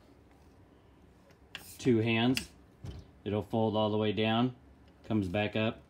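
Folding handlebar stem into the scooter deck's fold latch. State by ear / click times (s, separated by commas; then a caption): not seated / none. On an Unagi Model 1 E500 Dual Motor electric scooter, the folding handlebar stem is handled at the deck's fold latch, folded all the way down and brought back up, while someone talks and a brief sharp knock sounds near 1.6 s. Nothing has seated or clicked into place yet; the stem is not yet locked.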